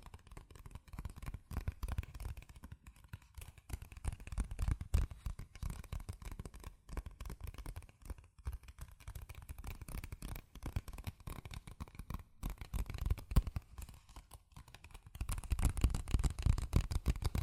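Fast tapping, scratching and tracing on cardboard and paper, a dense run of quick dry taps and rubbing strokes with a low, papery thud beneath. The pace stays busy throughout, with brief pauses near 8 and 12 seconds, and the scratching grows louder and brighter after about 15 seconds.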